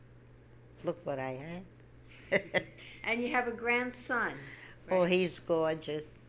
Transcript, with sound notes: Oh. Look what I have (She laughs.)
And you have a grandson.
Oh, he's gorgeous.